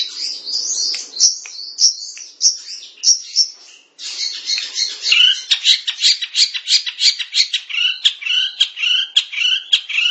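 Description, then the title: Long-tailed shrike singing, opening with high squeaky chatter, then a brief break and a rapid series of harsh, grating notes repeated several times a second. "Kicau Burung Pentet"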